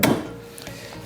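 A hitch bike rack's tow arm is pushed into the tow hitch receiver of a Tesla Model X/Y until its spring-loaded pin snaps into place, giving a sharp metallic click at 0.0 s. Two fainter ticks follow at about 0.6 s and 0.7 s over a low background. The rack is seated in the receiver.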